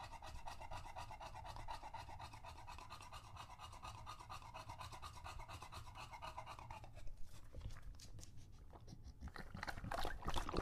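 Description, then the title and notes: English Bulldog panting steadily for several seconds, then breaking off into wet, irregular lapping and slurping sounds that grow louder toward the end. English Bulldog named Lucho, male, drinking from a water bowl after a long walk; out of breath, heavy breathing in between drinks, drinks for a long time. "English Bulldog Drinks from Water Bowl - Weird Sounds. listen to Lucho the English Bulldog as he tries to drink water after a long walk. Don't let his heavy breathing fool you in between drinks, he's equally out of breath from the walk"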